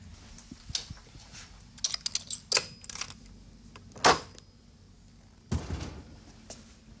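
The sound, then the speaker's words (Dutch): The heavy door of an old-fashioned safe holding fossils is opened with a key by its key-keeper: a scatter of small metallic clicks and rattles, then several loud, sharp clunks at irregular intervals, with no voices. “Ja, de deur wordt geopend. Het is een echte ouderwetse lipskluis.”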